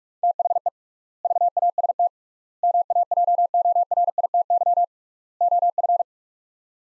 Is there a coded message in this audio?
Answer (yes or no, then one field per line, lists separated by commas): yes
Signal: Morse code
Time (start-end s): 0.2-6.0 s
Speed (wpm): 48 wpm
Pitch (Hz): 700 Hz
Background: none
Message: THE VAST MAJORITY OF